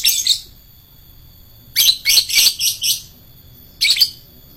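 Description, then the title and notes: Lovebird chatter: a shrill burst, a pause, then a fast string of rasping high notes and a final doubled screech. Adult lovebird of the fighter type. "LOVEBIRD FIGTER. Lovebird Dewasa"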